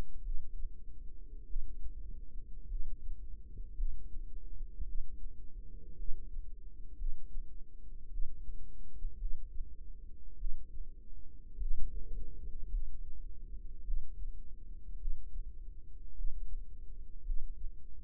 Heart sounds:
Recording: heart sounds by microphone in the right ear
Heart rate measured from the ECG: 53 bpm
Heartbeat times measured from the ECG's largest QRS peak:
0.23 s: heartbeat
1.47 s: heartbeat
2.68 s: heartbeat
3.76 s: heartbeat
4.86 s: heartbeat
5.96 s: heartbeat
6.97 s: heartbeat
8.10 s: heartbeat
9.18 s: heartbeat
10.38 s: heartbeat
11.59 s: heartbeat
12.70 s: heartbeat
13.85 s: heartbeat
14.99 s: heartbeat
16.15 s: heartbeat
17.24 s: heartbeat
From the record:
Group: healthy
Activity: rest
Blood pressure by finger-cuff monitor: 98/61 mmHg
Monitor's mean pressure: 74 mmHg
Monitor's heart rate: 54 bpm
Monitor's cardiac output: 4.9 L/min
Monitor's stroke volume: 92 mL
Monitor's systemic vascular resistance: 1080 dyn s/cm5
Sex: female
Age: 28 years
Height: 170 cm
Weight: 77 kg

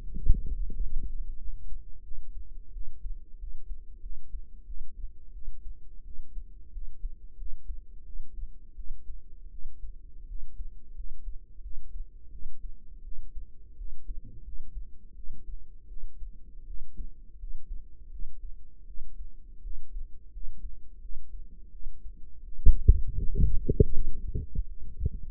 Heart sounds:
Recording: heart sounds by microphone in the right ear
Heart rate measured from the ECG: 85 bpm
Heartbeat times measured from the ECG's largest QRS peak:
0.02 s: heartbeat
0.70 s: heartbeat
1.37 s: heartbeat
2.02 s: heartbeat
2.72 s: heartbeat
3.38 s: heartbeat
4.01 s: heartbeat
4.65 s: heartbeat
5.32 s: heartbeat
6.03 s: heartbeat
6.71 s: heartbeat
7.36 s: heartbeat
8.04 s: heartbeat
8.75 s: heartbeat
9.49 s: heartbeat
10.26 s: heartbeat
10.94 s: heartbeat
11.61 s: heartbeat
12.30 s: heartbeat
13.02 s: heartbeat
13.76 s: heartbeat
14.43 s: heartbeat
15.14 s: heartbeat
15.87 s: heartbeat
16.65 s: heartbeat
17.38 s: heartbeat
18.10 s: heartbeat
18.85 s: heartbeat
19.61 s: heartbeat
20.31 s: heartbeat
21.00 s: heartbeat
21.70 s: heartbeat
22.43 s: heartbeat
23.19 s: heartbeat
23.90 s: heartbeat
24.67 s: heartbeat
From the record:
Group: healthy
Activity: rest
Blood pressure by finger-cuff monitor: 104/68 mmHg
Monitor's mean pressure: 77 mmHg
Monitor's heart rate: 84 bpm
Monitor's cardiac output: 6.5 L/min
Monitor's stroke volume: 77 mL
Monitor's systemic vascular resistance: 860 dyn s/cm5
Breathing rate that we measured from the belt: 18 breaths a minute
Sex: female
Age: 19 years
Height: 163 cm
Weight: 48.9 kg

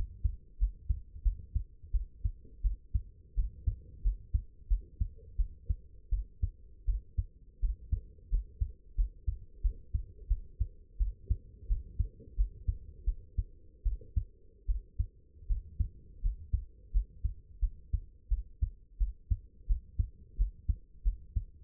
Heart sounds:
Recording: heart sounds by stethoscope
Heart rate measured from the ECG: 85 bpm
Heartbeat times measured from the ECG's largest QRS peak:
0.58 s: heartbeat
1.23 s: heartbeat
1.92 s: heartbeat
2.62 s: heartbeat
3.35 s: heartbeat
4.03 s: heartbeat
4.68 s: heartbeat
5.37 s: heartbeat
6.10 s: heartbeat
6.86 s: heartbeat
7.61 s: heartbeat
8.30 s: heartbeat
8.96 s: heartbeat
9.62 s: heartbeat
10.28 s: heartbeat
10.98 s: heartbeat
11.68 s: heartbeat
12.36 s: heartbeat
13.05 s: heartbeat
13.84 s: heartbeat
14.67 s: heartbeat
15.48 s: heartbeat
16.22 s: heartbeat
16.92 s: heartbeat
17.60 s: heartbeat
18.29 s: heartbeat
18.99 s: heartbeat
19.67 s: heartbeat
20.37 s: heartbeat
21.03 s: heartbeat
From the record:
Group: healthy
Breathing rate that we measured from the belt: 15 breaths a minute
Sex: female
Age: 22 years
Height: 161 cm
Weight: 65.5 kg

